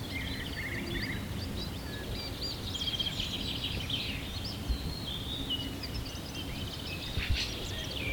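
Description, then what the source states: Several birds calling together, with short rattling note groups early on and scattered high chirps and whistles over constant low noise. At sunrise.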